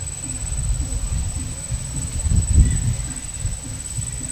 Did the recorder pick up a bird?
no